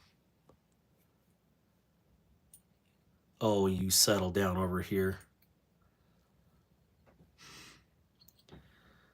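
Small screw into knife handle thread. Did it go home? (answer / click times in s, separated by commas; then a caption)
no / none. A small screw is handled at a knife handle thread, being backed off so the thread can catch. Faint small ticks are heard at about 0.5, 2.5, 5.4 and 8.2–8.5 s, and someone talks from about 3.4 to 5.2 s. Nothing has seated or clicked into place yet.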